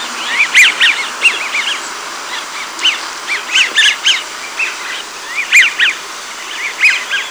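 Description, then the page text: American wigeon whistles: short, arched, wheezy notes given in loose clusters of two or three, repeating throughout over soft background hiss. Weak, abrupt whistle. "American Wigeon. Audio (M. Oberle)"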